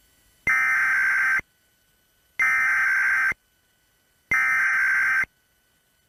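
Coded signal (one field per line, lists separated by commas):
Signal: Emergency Alert System (SAME) tones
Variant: header bursts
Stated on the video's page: Fictional EAS scenario made for entertainment, using valid tones.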